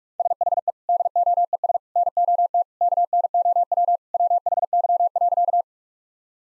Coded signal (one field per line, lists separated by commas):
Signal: Morse code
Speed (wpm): 43 wpm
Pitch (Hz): 700 Hz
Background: none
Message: SHE DOES NOT KNOW WHY.